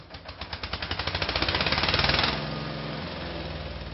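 Loud construction machinery with a rapid, pounding mechanical rhythm that speeds up and intensifies, then settles into a steady, rumbling engine drone. No voices are heard.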